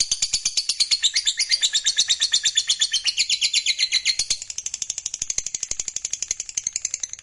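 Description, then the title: Lovebird song, rapid shrill chatter in quick pulses that becomes thinner and higher after about four seconds, continuing steadily. "Suara Lovebird Ini"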